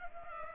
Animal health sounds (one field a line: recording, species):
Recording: mosquito wingbeat signal from an infrared sensor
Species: Culex pipiens